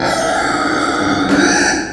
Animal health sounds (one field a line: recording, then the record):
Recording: squeal of a Yucatan mini pig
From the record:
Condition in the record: before surgery on the right vocal fold (resection and tissue-engineered implant)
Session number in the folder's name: 3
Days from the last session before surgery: 0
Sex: female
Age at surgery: 19 weeks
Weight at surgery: 25 kg